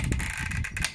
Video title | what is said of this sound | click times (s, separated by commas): The Only Brabantia Wall Fix Review You Need To See | pull it and you hear a click and that's it | 0.8 s